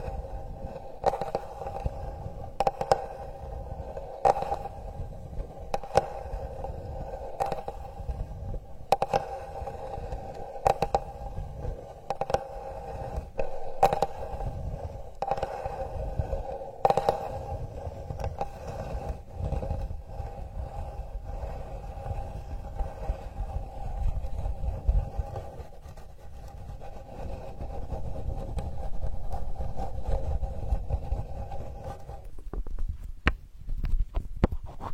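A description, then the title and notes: Sandalwood is tapped in a slow, regular beat, a sharp knock about every second and a half, thinning out after the midpoint. Underneath runs a steady low rumble with a constant mid-pitched hum that cuts off near the end, followed by one last click. Healing sandalwood tapping experience SPA.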